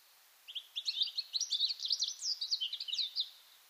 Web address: SETE data Erithacus rubecula